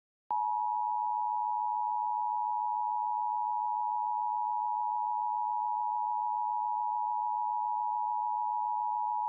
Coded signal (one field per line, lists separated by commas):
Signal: Emergency Alert System (SAME) tones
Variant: 853 and 960 Hz attention tone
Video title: Tornado Warning (7/11/21)(EAS 779)